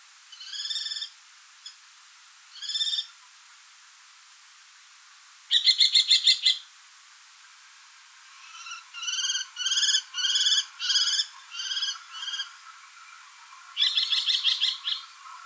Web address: falco tinnunculus call